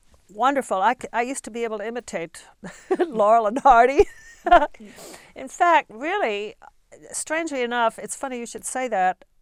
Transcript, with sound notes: wonderful. I used to be able to imitate (she laughs) Laurel and Hardy (she laughs) In fact, really, strangely enough, it's funny you should say that,